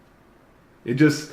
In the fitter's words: it up and form it again because it holds it well but as you can hear there's no click when it locks in it